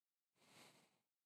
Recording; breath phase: one breath near a microphone; exhalation